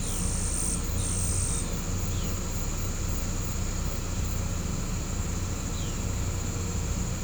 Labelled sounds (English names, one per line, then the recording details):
none
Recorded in pastures near Puerto Asís, Putumayo, Colombia, on 18 December 2024 at 08:30
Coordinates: 0.505, -76.324
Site G063